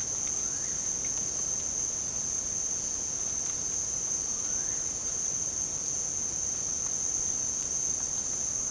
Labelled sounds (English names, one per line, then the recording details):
none
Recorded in secondary vegetation near Puerto Asís, Putumayo, Colombia, on 18 December 2024 at 01:00
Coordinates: 0.489, -76.322
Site G059